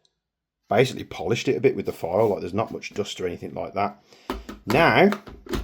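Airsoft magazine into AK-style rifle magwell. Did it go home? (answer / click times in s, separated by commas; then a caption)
no / none. Someone talks while handling an airsoft magazine, plastic and metal, at the magwell of a Wolverine MTW AK105 AK-style rifle after lightly filing the magazine catch area. A brief sharp sound comes near the end at about 5.5 s. Nothing has seated or clicked yet.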